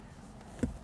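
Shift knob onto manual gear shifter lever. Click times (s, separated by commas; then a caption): 0.6 s. A weighted shift knob is pressed hard down onto a car's manual gear shifter lever. After a quiet low background, one sharp click sounds at 0.6 s as the knob seats in place on the shifter. No one talks during the clip.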